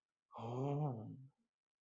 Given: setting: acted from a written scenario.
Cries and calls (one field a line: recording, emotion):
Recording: vocal sound without words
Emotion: desire